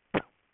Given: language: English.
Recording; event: throat vibration sensor signal played as sound; cough